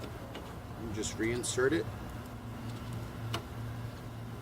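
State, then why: Seated. On a 2017 Camaro SS 1LE, the factory reverse light bulb socket, now holding the new LED bulb, is pushed snug back into the plastic tail light housing. Someone talks over a steady low hum, then a sharp click at 3.3 s confirms the socket has seated.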